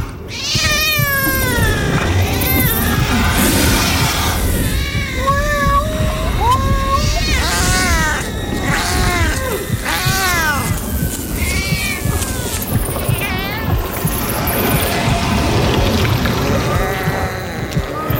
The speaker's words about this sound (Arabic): قالوا في كتب الأرواح الشفافة هتقدر تميز القطة قوي في حالة تغير صوتها.